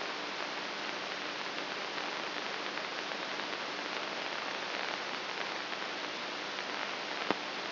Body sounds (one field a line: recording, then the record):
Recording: brain microelectrode recording played as sound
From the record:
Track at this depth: inside the subthalamic nucleus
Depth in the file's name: 6.04 mm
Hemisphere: right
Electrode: 3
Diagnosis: Parkinson's disease